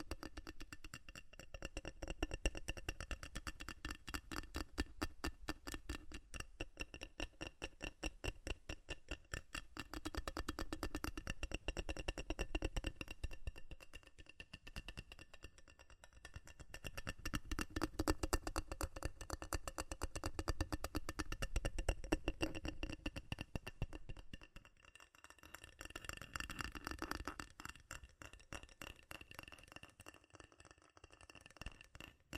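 Rapid, relentless tapping on metal fills the whole stretch, a dense stream of sharp ticks with a slight rattle. The pace stays fast and fairly even, while the loudness swells and dips in waves every few seconds, fading near the end.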